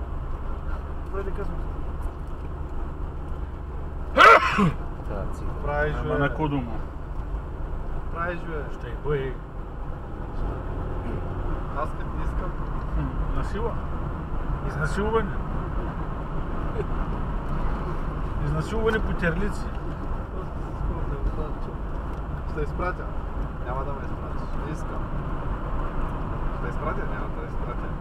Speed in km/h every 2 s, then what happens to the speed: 44, 45, 44, 44, 46, 55, 56, 58, 58, 58, 56, 55, 58, 61.
0-7 steady at about 44. 7-14 speeds up to 58. 14-23 steady at about 58. 23-28 speeds up to 61.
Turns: none.